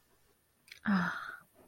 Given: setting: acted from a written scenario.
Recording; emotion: vocal sound without words; contentment